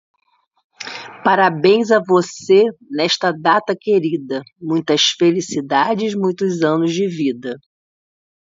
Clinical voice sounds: short text; Brazilian Portuguese; female; 50 to 59 years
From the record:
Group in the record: control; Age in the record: 54 years

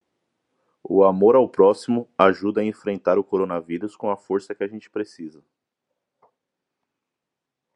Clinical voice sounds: spoken sentence; Brazilian Portuguese; male; 30 to 39 years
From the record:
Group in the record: control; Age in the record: 38 years

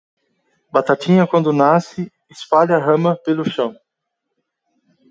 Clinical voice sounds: short text; Brazilian Portuguese; male; 20 to 29 years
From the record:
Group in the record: control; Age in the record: 26 years

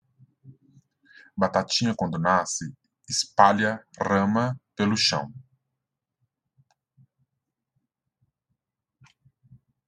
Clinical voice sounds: short text; Brazilian Portuguese; male; 30 to 39 years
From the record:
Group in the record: control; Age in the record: 35 years

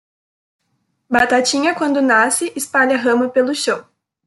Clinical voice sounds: short text; Brazilian Portuguese; female; 20 to 29 years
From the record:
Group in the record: control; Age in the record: 22 years

